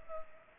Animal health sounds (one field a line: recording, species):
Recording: mosquito wingbeat signal from an infrared sensor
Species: Culex pipiens